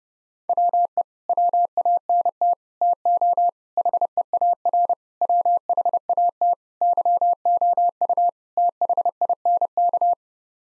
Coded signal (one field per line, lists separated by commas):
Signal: Morse code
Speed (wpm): 30 wpm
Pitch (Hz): 700 Hz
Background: none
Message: WE WANT TO HEAR WHAT YOU THINK